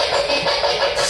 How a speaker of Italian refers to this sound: Oh, visto, no? Quello che era il rumore del trattore. No, quello purtroppo è il rumore dello scansionatore radio che abbiamo, che in gergo si chiama Spirit Box. Purtroppo per catturare le frequenze audio... Ah, devi prenderti anche il rumore.